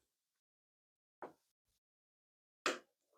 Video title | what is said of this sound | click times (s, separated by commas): A chaotic unboxing, setup and first print on the Creator 5 Pro by Flashforge | This time we had a click. | 2.7 s